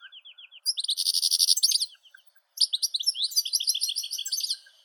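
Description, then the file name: European goldfinch song opening with soft repeated notes, then a buzzy trill and a long run of bright twittering. "Golosa ptic - CSHegol Carduelis carduelis"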